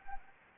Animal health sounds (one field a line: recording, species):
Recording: mosquito wingbeat signal from an infrared sensor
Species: Anopheles gambiae